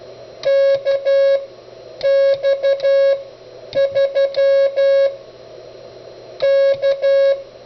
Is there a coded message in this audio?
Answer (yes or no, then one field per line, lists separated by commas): yes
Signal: Morse code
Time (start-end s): 0.5-7.3 s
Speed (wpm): 12 wpm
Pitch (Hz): 550 Hz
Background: music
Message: KX3 K